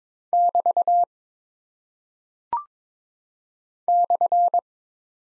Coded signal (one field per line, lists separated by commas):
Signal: Morse code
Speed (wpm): 22 wpm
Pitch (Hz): 700 Hz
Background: none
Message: <BT> /